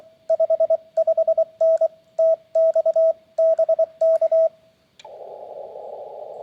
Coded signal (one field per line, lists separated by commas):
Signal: Morse code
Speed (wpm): 24 wpm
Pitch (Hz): 650 Hz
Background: radio noise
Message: 55N TX BK